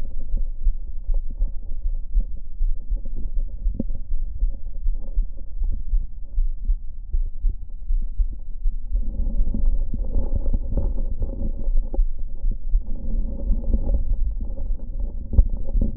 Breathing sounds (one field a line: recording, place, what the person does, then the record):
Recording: lung sounds by stethoscope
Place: left anterior apical chest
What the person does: quiet breathing, then deep breathing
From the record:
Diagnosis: interstitial lung disease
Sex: male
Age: 47 years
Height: 159 cm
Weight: 66.8 kg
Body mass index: 26.4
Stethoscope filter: diaphragm mode